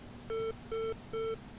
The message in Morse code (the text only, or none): none